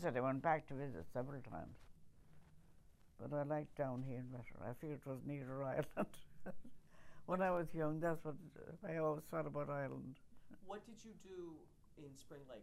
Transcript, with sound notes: I went back to visit several times. But I liked down here better. I figured it was nearer Ireland. [chuckles] When I was young that's what I always thought about Ireland.
What did you do in Spring Lake?